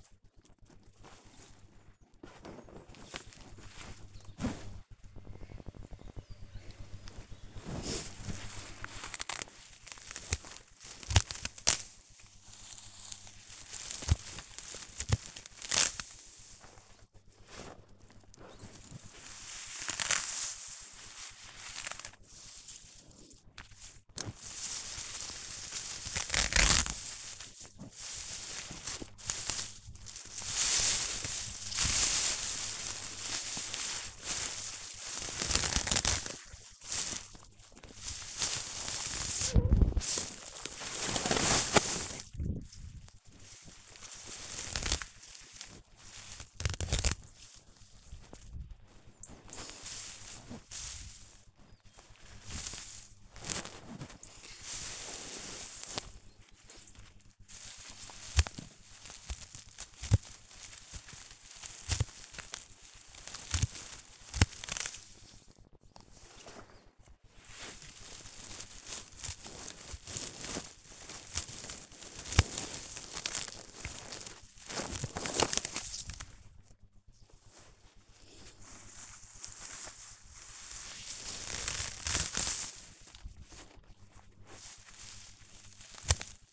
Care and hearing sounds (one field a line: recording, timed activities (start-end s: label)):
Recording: household activities, microphone on the right wrist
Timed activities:
0.00-86.53 s: cutting plants (near water)